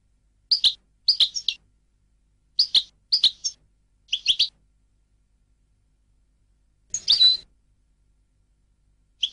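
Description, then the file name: European goldfinch giving short twittering calls singly and in small groups, spaced by pauses. "audio burung goldfinch"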